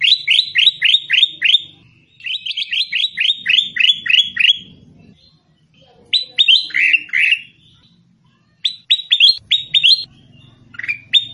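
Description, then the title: Sooty-headed bulbul pouring out fast runs of repeated downslurred chirps, several per second, broken by brief pauses and a few lower, richer notes. "Suara Burung Kutilang"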